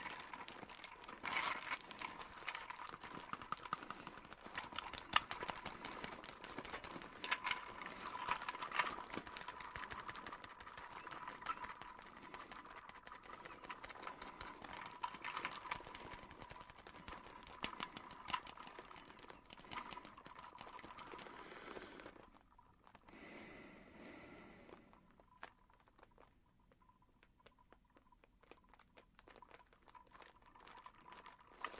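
A leather coat creaks and rustles in a dense, crackling stream for about twenty-two seconds, over a thin steady mid-pitched whine. A brief brighter burst follows around the twenty-three second mark, then the sound drops to quieter, sparser creaks until the end.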